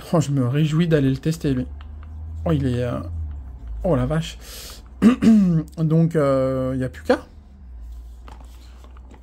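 Someone talks while a battery connector is plugged into the electronics of a brushless-converted Arrma Gorgon RC monster truck before its run test. Small clicks are heard at 8.3 s and 9.0 s, but the connector is not fully engaged.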